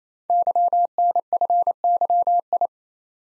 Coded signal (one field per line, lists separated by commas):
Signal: Morse code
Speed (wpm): 27 wpm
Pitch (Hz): 700 Hz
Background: none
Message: YNFYI